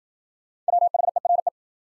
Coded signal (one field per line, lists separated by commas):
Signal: Morse code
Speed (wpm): 53 wpm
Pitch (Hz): 700 Hz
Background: none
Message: WHERE